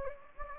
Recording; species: mosquito wingbeat signal from an infrared sensor; Anopheles gambiae